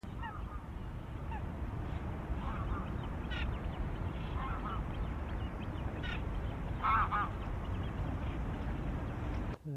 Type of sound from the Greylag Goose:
flight call